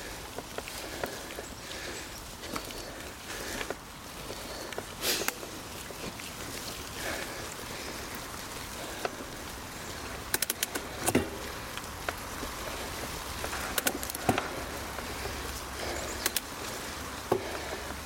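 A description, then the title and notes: Footsteps climb a squelchy hill, with a steady low rumble of wind or traffic underneath. Sharp wet clicks and squishes land irregularly, clustering around five, ten to eleven, and fourteen to sixteen seconds. This episode is a slightly augmented version of a squelchy hill climb which i captured while out on the trails in a muddy January earlier this year.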